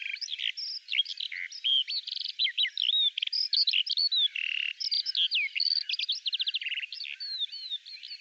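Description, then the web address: Bird singing a fast, complex medley of sweeping whistles, clicks and rattling trills, delivered in a steady stream of changing phrases. "Deverinetal 2025 File cleaned normalized Bird Al Ar"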